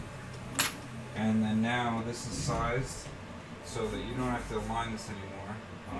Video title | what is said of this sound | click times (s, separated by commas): Ultimate custom orbiter & gantry prints final design "don't mind my swollen face from wisdom tooth" | and then you get a pull there and then just pull back the other side and it literally pops right in | 0.6 s